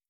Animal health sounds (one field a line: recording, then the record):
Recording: hydrophone in a shrimp aquaculture tank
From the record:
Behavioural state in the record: stressed